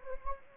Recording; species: mosquito wingbeat signal from an infrared sensor; Anopheles gambiae